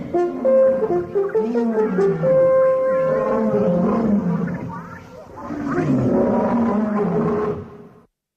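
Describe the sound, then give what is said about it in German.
An approaching lion roars in long, loud, rumbling growls that rise and fall in pitch, continuing for about eight seconds with a brief dip in the middle before fading out. “Ein Löwe kam näher.”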